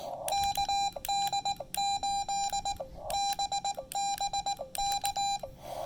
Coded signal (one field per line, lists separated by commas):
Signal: Morse code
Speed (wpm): 18 wpm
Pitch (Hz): 800 Hz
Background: none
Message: KD8BBK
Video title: POTA Field Report: Attempting to deplete the Xiegu X5105 internal battery at Lake Norman